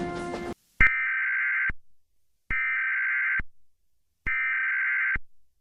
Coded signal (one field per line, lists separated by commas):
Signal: Emergency Alert System (SAME) tones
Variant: header bursts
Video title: EAS Scenario 1 - The Night Lurker